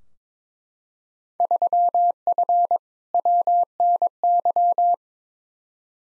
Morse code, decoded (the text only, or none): 3F WNY